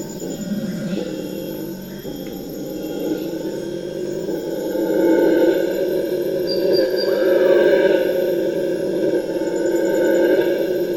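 Deep, droning howler monkey roars swell and rise steadily through the middle, over a dense dawn rainforest backdrop of thin insect tones.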